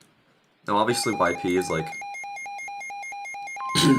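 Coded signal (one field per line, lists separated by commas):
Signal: none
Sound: stream notification beeps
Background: speech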